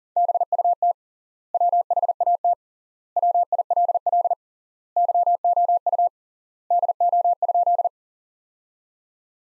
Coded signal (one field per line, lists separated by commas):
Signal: Morse code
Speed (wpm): 40 wpm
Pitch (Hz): 700 Hz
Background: none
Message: BUT WHAT WILL YOU DO?